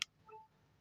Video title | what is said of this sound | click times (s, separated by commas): Review Dan Cara Buka Tutup Belakang Melepas Baterai Menganti LCD Hingga memasang Kembali Vivo Y02 | Nah kita pasang seperti ini kita dorong nah akan ada bunyi klik tapi jangan takut ya | 0.0 s